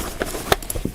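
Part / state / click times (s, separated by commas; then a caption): backpack locking buckle closing on the backpack flap / seated / 0.5 s. The locking buckle on the flap of a OnePlus Explorer Backpack is closed, giving a few sharp clicks around 0.2, 0.5 and 0.7 seconds. The loudest snap, at 0.5 seconds, is the buckle locking into place on the flap.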